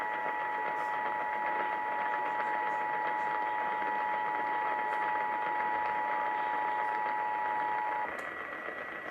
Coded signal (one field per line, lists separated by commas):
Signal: Emergency Alert System (SAME) tones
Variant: 853 and 960 Hz attention tone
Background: speech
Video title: Southeast Michigan June 2021 RMT(EAS 1,227)